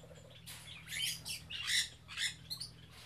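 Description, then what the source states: Birds giving several short, hoarse squawks in quick succession, rising and falling in loudness, over a low background hum. Captive birds kept in an aviary on Spetses.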